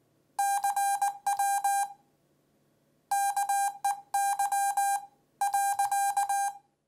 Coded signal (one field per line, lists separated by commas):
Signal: Morse code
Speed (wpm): 18 wpm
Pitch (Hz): 800 Hz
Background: none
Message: CW KEY .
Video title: K6ARK Morse Code Paddle / CW Key